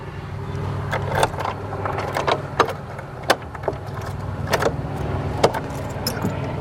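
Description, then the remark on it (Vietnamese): Keys jingle and clink in a lock, with a series of short metallic clicks and rattles scattered over a steady low hum, as the door of an old fort is unlocked. “Đây, đây là chìa khóa.”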